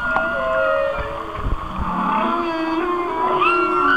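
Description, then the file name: Whale song of layered moans and whistles, a low rising-then-falling groan in the middle and a bright upsweep near the end, with a few clicks. "Whale Songs- Mike Mc Donald"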